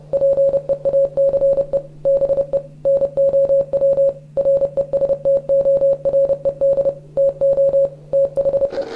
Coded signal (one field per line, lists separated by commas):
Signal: Morse code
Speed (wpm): 29 wpm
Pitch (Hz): 550 Hz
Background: music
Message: PEACE BE NOW RESTORED TO THE